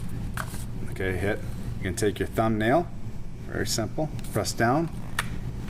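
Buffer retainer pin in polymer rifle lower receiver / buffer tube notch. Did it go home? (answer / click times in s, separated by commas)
yes / 5.2 s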